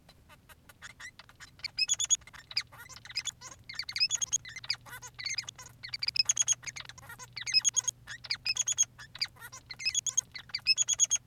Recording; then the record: song of a male Bengalese finch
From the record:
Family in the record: son of father 3